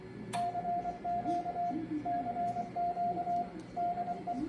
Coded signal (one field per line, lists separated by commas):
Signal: Morse code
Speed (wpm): 24 wpm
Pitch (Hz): 700 Hz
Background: radio noise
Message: CQ CQ DE